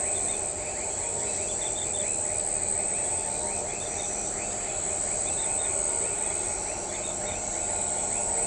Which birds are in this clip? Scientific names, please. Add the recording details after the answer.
none. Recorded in shrubland near Pivijay, Magdalena, Colombia, on 18 April 2023 at 02:30. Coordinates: 10.453, -74.365. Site P5-G022